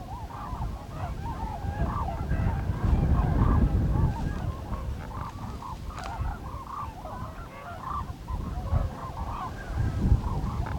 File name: Grue a cou blanc